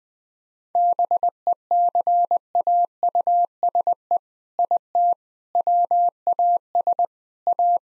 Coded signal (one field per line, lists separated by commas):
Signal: Morse code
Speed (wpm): 20 wpm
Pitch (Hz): 700 Hz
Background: none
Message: BECAUSE IT WAS A